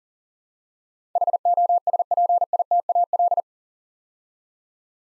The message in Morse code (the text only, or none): HOSPITAL